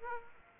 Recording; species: mosquito wingbeat signal from an infrared sensor; Aedes aegypti